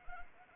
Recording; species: mosquito wingbeat signal from an infrared sensor; Anopheles arabiensis